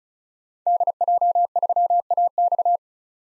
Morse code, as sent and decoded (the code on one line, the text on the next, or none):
-.. .--- ...-- .- -..-
DJ3AX